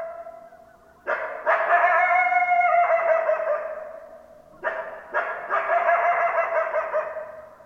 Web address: sounds mammals Coyote 2012 12 10 Coyotes